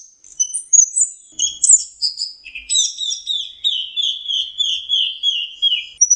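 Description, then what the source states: Orange-headed thrush sings a flowing stream of high chirps, then a series of even repeated whistled notes. Masteran song used for training kept birds.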